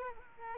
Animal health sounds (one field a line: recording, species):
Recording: mosquito wingbeat signal from an infrared sensor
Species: Culex quinquefasciatus